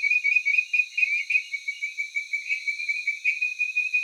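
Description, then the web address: Tree frog making fast high pulsed trills, steady and unbroken. Taiwan. "Tree frog of Taiwan"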